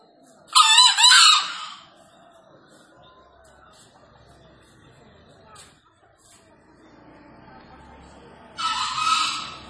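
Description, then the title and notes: Green junglefowl crowing, a loud harsh two-part crow at the start and another rougher call near the end, quiet between. Wild green junglefowl released freely, calling from up in a tree; used as a lure for catching junglefowl. "Panggilan Ayam Hutan Liar. Ayam Hutan Hijau Dilepas Bebas n Bunyi Gacor Diatas Pohon. Pemikat Ayam Hutan"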